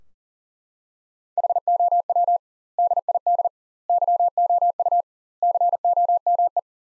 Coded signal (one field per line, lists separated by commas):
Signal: Morse code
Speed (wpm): 40 wpm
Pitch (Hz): 700 Hz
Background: none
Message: HOW DID YOU COME